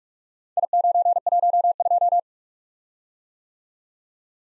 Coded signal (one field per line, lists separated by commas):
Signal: Morse code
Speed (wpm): 44 wpm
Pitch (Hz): 700 Hz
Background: none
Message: I912